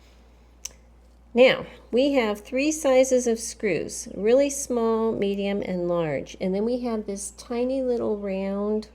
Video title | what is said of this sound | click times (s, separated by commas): Putting a Singer 9w7 (Wheeler & Wilson D9 clone) together | And get that locked into place. Okay. | 0.7 s